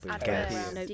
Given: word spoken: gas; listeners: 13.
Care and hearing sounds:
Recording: one English word in noise, from a listening test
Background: four-talker babble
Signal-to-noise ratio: -1.3 dB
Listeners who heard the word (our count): 2 of 13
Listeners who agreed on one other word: 7 of 13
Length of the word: 0.54 s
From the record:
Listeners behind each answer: 7, 2, 2, 1, 1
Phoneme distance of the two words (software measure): 10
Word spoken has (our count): 1 syllable, 3 phonemes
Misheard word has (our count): 1 syllable, 3 phonemes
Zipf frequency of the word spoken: 4.77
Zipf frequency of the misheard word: 5.16

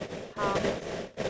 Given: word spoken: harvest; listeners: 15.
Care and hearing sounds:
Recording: one English word in noise, from a listening test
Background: noise modulated by three-talker babble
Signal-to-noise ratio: -4.6 dB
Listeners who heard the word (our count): 3 of 15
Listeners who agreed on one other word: 6 of 15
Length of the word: 0.90 s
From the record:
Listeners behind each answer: 6, 3, 2, 1, 1, 1, 1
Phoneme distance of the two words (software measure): 31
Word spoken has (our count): 2 syllables, 6 phonemes, stress on syllable 1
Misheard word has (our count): 1 syllable, 3 phonemes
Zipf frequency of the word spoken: 4.03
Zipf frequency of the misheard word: 5.14

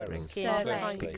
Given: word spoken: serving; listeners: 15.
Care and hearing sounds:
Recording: one English word in noise, from a listening test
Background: four-talker babble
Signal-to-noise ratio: -1.3 dB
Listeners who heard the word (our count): 1 of 15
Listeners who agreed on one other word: 7 of 15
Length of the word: 0.78 s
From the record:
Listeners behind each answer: 7, 3, 1, 1, 1, 1, 1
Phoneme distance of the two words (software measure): 17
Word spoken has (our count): 2 syllables, 5 phonemes, stress on syllable 1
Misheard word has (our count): 2 syllables, 4 phonemes, stress on syllable 2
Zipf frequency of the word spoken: 4.45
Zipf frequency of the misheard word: 4.28

